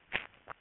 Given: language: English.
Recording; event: throat vibration sensor signal played as sound; swallow